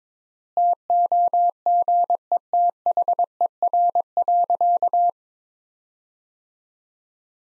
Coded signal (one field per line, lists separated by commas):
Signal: Morse code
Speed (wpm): 23 wpm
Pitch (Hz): 700 Hz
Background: none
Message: TOGETHER.